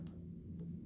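A metal spring bar with a strap on it is pushed into the lug hole of a watch case, and a short sharp tick is heard at about 0.1 s over a low steady hum. The spring bar has not seated or clicked into place in the lug; the fit is missed.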